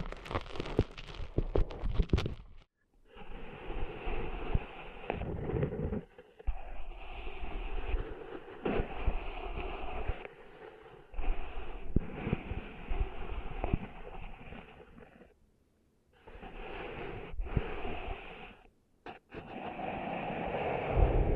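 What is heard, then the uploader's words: Cleaning sand out of an ear: a muffled rushing and rubbing that comes in long stretches, cut by short silences near 3, 6, 16 and 19 seconds. The opening seconds are brighter, with sharp crackles and scratches, and low thumps recur throughout. ASMR Cleaning Sand Out of Your Ears (No Talking).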